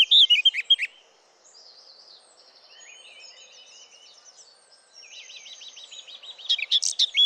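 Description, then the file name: Eurasian blackcap song in two loud bursts of fluty, scratchy warbling, at the start and the end, with faint bird trills and twittering between. "Sylvia atricapilla"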